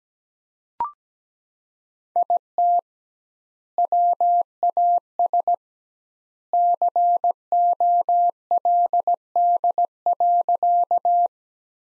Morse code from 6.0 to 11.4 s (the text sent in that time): COLD.